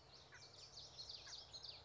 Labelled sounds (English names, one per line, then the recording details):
Common Yellowthroat
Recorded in Sonoma County, California